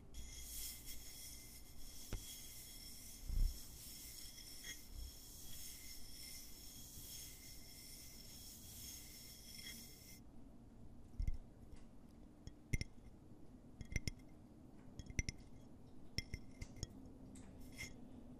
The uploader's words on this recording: ASMR tapping on different objects at varied speeds. Soft and hard tapping with nails and finger pads.